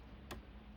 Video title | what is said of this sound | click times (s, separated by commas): FANHOME Star Wars: Build the Millennium Falcon - Stage 37 | hear it clicking into the hole. | 0.3 s